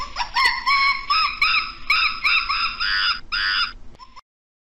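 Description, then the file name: Monkey screaming calls: loud, continuous, harmonic screeching with rapid wavering pulses, ending in one drawn-out cry and a short squeak. "Tieng khi keu"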